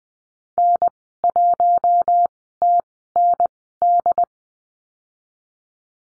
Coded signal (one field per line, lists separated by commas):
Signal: Morse code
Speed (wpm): 20 wpm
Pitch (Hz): 700 Hz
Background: none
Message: N1TND